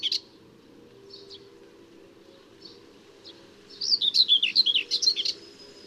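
Common whitethroat singing: a few soft scratchy notes spaced apart, then a louder rapid, buzzy warbling phrase lasting under two seconds; low steady hum in the background.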